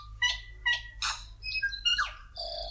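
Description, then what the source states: Tui song: a strange, electronic-sounding series of clear whistled notes, harsh squeaky bursts and downward slides, ending in a steady tone. Tui, a bird endemic to New Zealand; its strange sounds are likened to a robot toy.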